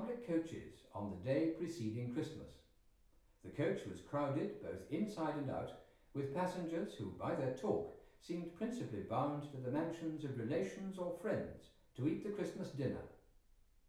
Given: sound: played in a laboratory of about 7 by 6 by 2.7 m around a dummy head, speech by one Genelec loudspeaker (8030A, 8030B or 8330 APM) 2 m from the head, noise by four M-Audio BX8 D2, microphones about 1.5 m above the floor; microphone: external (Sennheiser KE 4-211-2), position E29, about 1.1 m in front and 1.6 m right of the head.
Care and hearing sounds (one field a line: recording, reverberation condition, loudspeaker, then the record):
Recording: male speech in English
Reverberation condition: medium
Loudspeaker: 60 degrees to the left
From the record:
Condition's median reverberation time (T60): about 510 ms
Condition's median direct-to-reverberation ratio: about -0.5 dB